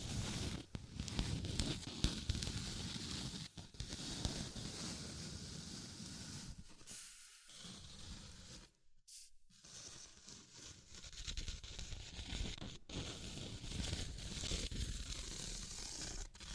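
Tapping, scratching and tracing sounds fill the clip with a dense, rough rustle and irregular taps, especially in the first seven seconds. The sound drops out briefly around seconds 7 and 9, then returns as steadier, brighter scratching with occasional sharp clicks.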